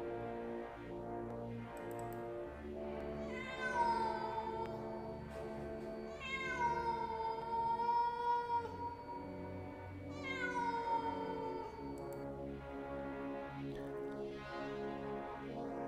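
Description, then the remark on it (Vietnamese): Long's cat suddenly lets out three long, strange yowls, each drawn out and wavering as the pitch rises and falls, over a steady low droning hum. “Nhưng con mèo của Long đột nhiên gào rú rất lạ lùng.”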